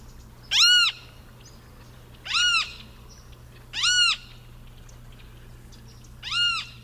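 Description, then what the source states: Great Kiskadee repeating strong, nasal, arched squawks, four at irregular intervals, over a faint hum. Very vocal flycatcher, formerly called Derby flycatcher; its name is a mnemonic for what its call sounds like the bird is saying.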